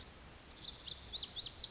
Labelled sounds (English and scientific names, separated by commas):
Lazuli Bunting (Passerina amoena)